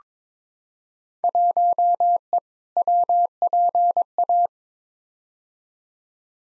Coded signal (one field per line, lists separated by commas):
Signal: Morse code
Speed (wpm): 22 wpm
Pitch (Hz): 700 Hz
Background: none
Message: 1E WPA